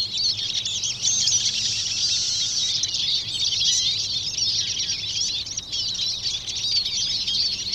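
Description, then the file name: Eurasian siskin calls form a steady, blurred chorus of high twittering and chirping, unbroken from start to finish. "Eurasian Siskin (Carduelis spinus)"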